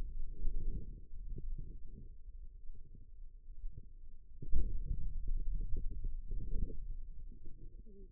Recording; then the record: forearm muscle sounds (acoustic myography)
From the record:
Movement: pen grasping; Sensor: system 2, bracelet of six BSWA MPA416 microphones around the upper forearm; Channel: 4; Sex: female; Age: 25 years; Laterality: right